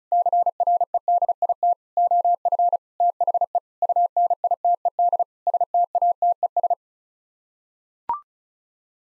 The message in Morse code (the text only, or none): CREDIT OF THE UNITED STATES